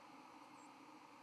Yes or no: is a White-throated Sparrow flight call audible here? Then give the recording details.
yes. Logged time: 08:36 on 31 October 2014